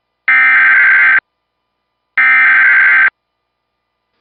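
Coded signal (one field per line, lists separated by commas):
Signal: Emergency Alert System (SAME) tones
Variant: header bursts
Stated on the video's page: EAS tones from NOAA weather radio WXJ52 on 162.475, NWS Tulsa, recorded on an iPhone 6s Plus.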